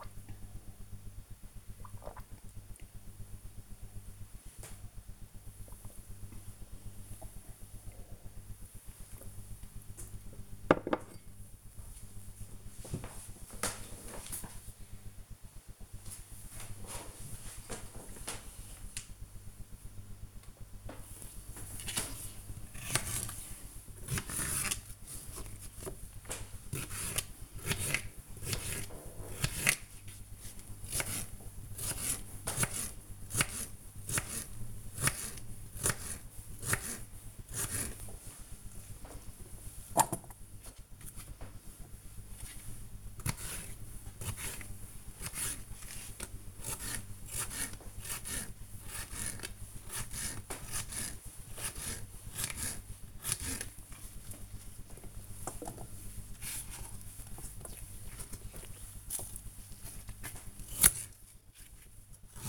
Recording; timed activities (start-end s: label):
household activities, microphone on the right wrist
0.00-11.19 s: drinking
20.25-62.48 s: cutting vegetables